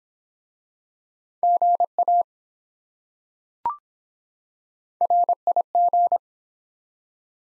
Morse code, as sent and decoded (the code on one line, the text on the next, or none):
--. .- / .-. .. --.
GA RIG